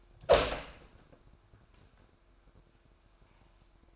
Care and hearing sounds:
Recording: daily activity, microphone in the room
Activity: open door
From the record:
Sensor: 2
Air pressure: 998.3 hPa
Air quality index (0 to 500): 136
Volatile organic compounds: 3 ppm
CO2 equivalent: 1535 ppm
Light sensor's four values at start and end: 12/35/14/14 and 12/36/14/14

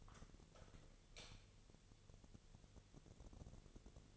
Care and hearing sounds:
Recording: daily activity, microphone in the room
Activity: light on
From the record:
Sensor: 4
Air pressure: 1000.9 hPa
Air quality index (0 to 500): 124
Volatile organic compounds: 1 ppm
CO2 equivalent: 930 ppm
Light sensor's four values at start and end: 34/81/34/37 and 36/91/37/41

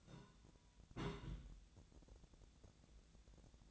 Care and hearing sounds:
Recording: daily activity, microphone in the room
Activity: place on stove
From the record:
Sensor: 3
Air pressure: 1010.0 hPa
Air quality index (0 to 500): 185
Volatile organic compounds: 13 ppm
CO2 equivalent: 2407 ppm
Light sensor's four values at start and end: 41/103/44/48 and 41/103/44/48

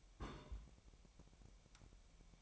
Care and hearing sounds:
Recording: daily activity, microphone in the room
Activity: place on stove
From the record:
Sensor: 1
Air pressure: 1002.0 hPa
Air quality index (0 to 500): 247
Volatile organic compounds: 52 ppm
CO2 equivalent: 3320 ppm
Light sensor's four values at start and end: 6/13/5/6 and 6/13/5/6

